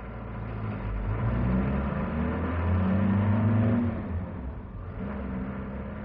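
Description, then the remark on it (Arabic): A taxi engine revs and drives steadily as it turns into an alley, its low mid-pitched hum rising and falling as it accelerates, with no voices over the continuous rumble. “وادي حارة ندخل فيها بعربية؟”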